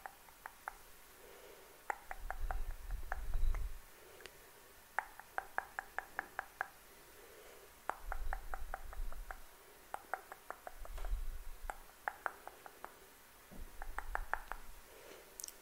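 Fingers flutter in quick bursts of sharp tapping clicks, rapid and regular, alternating with soft low rubbing swishes of moving hands.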